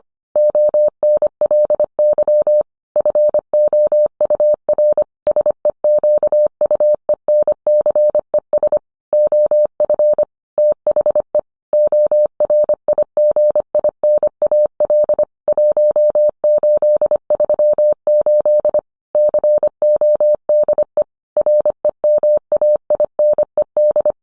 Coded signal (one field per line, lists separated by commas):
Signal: Morse code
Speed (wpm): 25 wpm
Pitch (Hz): 600 Hz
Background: none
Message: ONLY FOUR SEQUENCES OF THE ORIGINAL 1838 CODE REMAINED